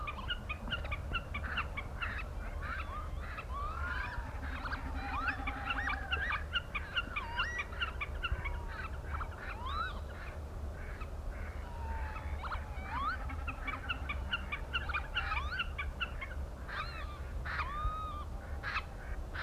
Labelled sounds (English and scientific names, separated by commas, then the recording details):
Common Snipe (Gallinago gallinago) call
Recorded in the wild
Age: adult
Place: Pevestorf (Höhbeck), Niedersachsen, DE
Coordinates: 53.05, 11.46
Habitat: meadow
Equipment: Uher 4000 Report L, Parabolreflektor, Dynamisches Uher Mikrofon
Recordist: Gaeth, Peter